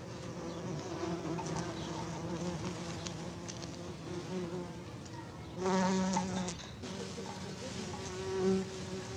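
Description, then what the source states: Bees droning steadily, a low hum that swells louder midway, with another brief surge near the end. Bees on honeysuckle.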